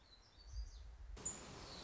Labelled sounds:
Black-throated Gray Warbler
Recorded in Sonoma County, California

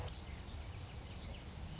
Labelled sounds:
Anna's Hummingbird
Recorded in Sonoma County, California

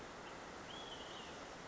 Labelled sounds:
Olive-sided Flycatcher
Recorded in Sonoma County, California

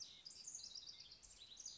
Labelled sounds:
House Wren
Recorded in Sonoma County, California

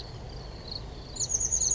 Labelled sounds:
Chestnut-backed Chickadee
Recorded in Sonoma County, California

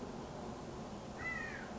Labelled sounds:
California Quail
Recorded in Sonoma County, California

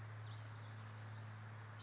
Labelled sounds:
Wilson's Warbler
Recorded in Sonoma County, California

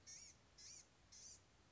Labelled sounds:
Blue-gray Gnatcatcher
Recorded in Sonoma County, California

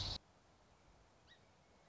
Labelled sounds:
Song Sparrow
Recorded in Sonoma County, California

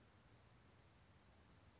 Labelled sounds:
California Towhee
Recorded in Sonoma County, California

